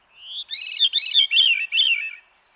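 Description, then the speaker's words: Veery song: a thin rising note, then four flutey, whirling phrases, each spiralling downward, with brief gaps between them. Sings from trees across the northern United States and southern Canada during the summer breeding season. "whirling, flute-like song of the veery rings through the trees of the northern United States and southern Canada during its summer breeding season."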